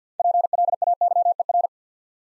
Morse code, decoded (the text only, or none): PLAYER